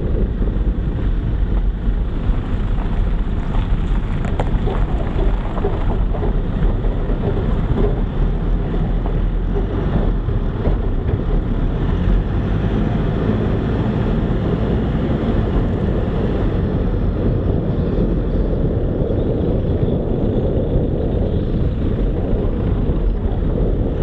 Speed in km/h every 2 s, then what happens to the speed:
14, 12, 11, 12, 15, 20, 27, 29, 29, 26, 22, 24.
0-6 steady at about 12. 6-13 speeds up to 29. 13-24 steady at about 26.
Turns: none.